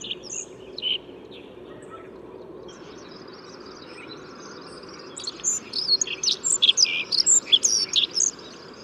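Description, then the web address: Black-faced bunting calls: a few scattered high chirps early, then a quick burst of sharp, high ticking notes in the last few seconds over a low, steady background hum. Recorded at Yushan, Taiwan. "黑臉巫. Yushan"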